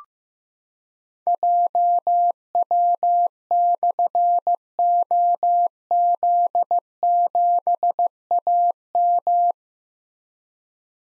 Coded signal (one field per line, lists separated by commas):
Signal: Morse code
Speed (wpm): 15 wpm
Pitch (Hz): 700 Hz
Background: none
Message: JW/OZ7AM